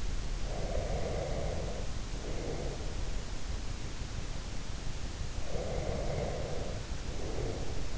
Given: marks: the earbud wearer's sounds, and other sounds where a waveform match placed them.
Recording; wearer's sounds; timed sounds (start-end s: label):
sounds in sleep by an in-ear microphone; breath
0.36-3.21 s: breath
5.42-7.97 s: breath